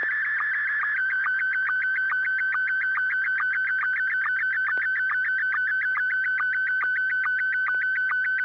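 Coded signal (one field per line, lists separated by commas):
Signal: SSTV (slow-scan television)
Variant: Scottie 1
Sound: steady mid-pitched tone with rapid regular warbling ticks and periodic lower sync blips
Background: low hum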